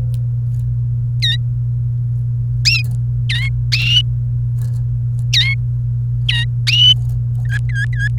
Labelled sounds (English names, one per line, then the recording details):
Domestic Canary song
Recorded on 28 April 2018 at 13:00
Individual llb3